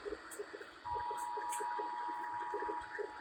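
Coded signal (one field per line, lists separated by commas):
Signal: Emergency Alert System (SAME) tones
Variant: 853 and 960 Hz attention tone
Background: speech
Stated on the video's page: EAS tests including a California tsunami drill.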